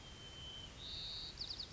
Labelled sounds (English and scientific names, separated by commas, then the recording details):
White-crowned Sparrow (Zonotrichia leucophrys)
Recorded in Sonoma County, California